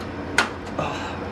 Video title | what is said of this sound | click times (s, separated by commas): TWITCH STREAMER BUILDS ME A NEW GAMING PC! (ft. MasterofAardvarks) | and you wait to hear the click there it is the magic click | 0.4 s